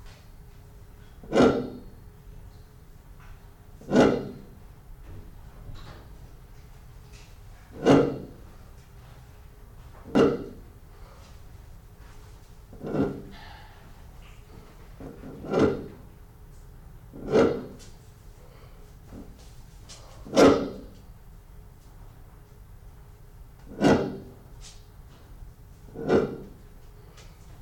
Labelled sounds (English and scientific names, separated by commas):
Kori Bustard (Ardeotis kori) call